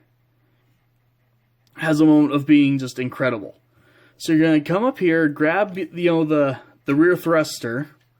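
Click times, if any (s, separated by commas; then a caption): none. Someone talks while handling the plastic rear thruster on a transforming robot toy body, getting ready to raise it so it locks into place. Only speech is heard, with quiet gaps between phrases. Nothing has seated or clicked yet.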